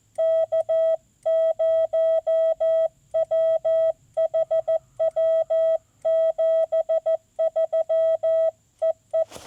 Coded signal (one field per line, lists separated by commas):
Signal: Morse code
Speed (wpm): 14 wpm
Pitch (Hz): 650 Hz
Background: none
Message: K0WHW 73 EE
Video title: POTA - CW / SSB - Lake Norman, US-2740 & Changes to Mobile Install